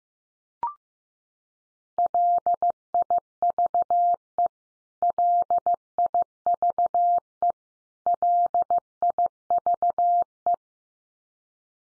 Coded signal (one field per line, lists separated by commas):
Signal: Morse code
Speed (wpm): 15 wpm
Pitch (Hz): 700 Hz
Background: none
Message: LIVE LIVE LIVE